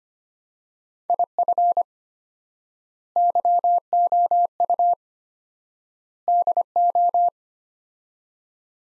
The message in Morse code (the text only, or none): IF YOU DO